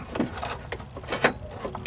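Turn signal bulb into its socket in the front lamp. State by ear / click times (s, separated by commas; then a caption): seated / 1.1 s, 1.3 s. A replacement wedge-base turn signal bulb is pushed into its plastic socket in the front lamp of a 2006 Cadillac SRX. After a few soft scrapes and knocks, two sharp clicks are heard at 1.1 s and 1.3 s as the bulb snaps into place and seats.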